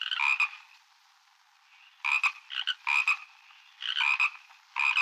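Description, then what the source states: Frogs chirping in short raspy, buzzy bursts of clustered pulses, separated by quiet gaps. Two frogs chirping.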